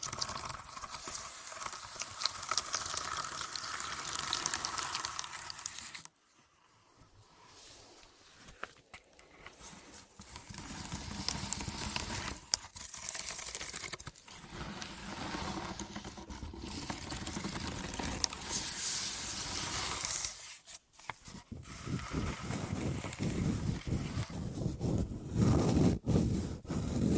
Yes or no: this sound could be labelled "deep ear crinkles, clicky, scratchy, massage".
yes